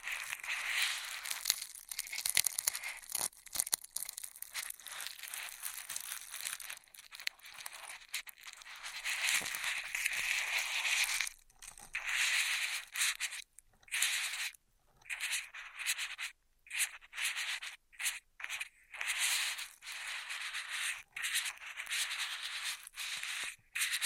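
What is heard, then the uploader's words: Straw sounds: dry, crackly rustling and scratching, bright and hissy with almost no low end. The first half is a near-continuous rough scrunching; later it breaks into short bursts with abrupt silent gaps every second or so. ASMR Beat Your Immunity with Intense Straw Triggers (No Talking).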